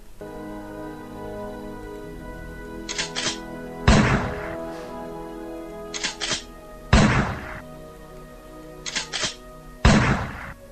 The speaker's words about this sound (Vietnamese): Ngọc Long nghiến răng bóp cò. Tiếng súng nổ vang khắp cả nhà.